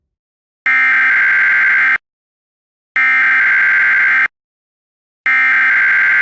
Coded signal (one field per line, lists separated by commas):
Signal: Emergency Alert System (SAME) tones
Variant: header bursts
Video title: EAS Classic: DARO Retard Capsules (Original Version)